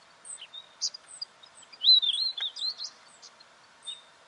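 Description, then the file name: Weebill song, a bright warbling whistled phrase rising and falling, among thin, very high chips and short chirps. "canto do gerigono de bico curto"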